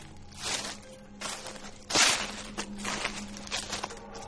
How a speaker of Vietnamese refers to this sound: Thằng Tài đang nằm sụi lơ trên đám lá khô, nghe được tiếng bước chân của ai đó ngày một gần. Chỉ có điều là thần trí của nó lúc này đang mơ hồ, như là sắp mất đi sự khống chế, chỉ còn mơ hồ nghe tiếng bước chân sột soạt.